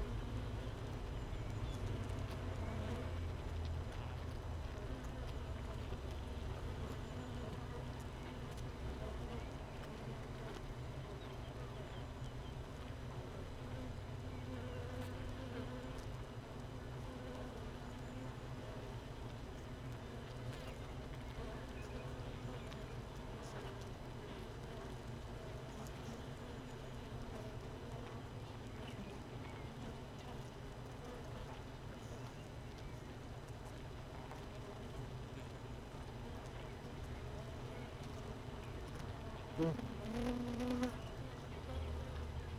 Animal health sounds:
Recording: honeybee colony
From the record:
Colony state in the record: missing queen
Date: 31 May 2018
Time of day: 15:37

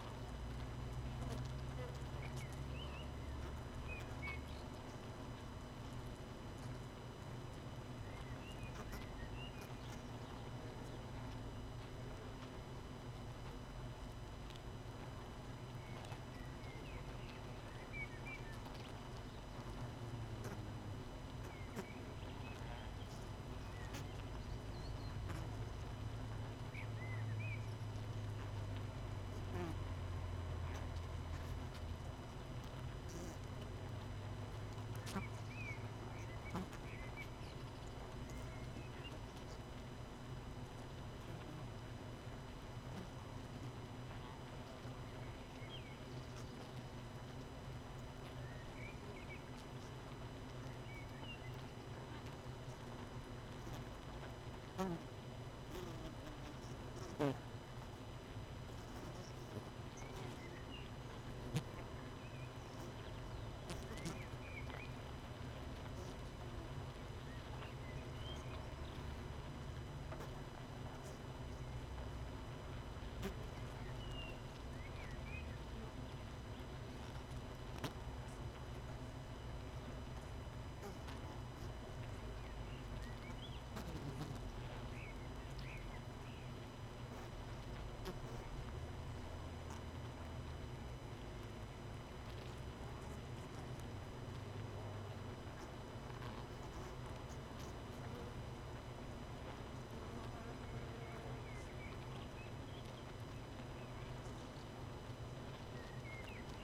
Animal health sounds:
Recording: honeybee colony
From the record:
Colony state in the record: missing queen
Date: 31 May 2018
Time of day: 18:53

